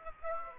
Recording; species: mosquito wingbeat signal from an infrared sensor; Aedes aegypti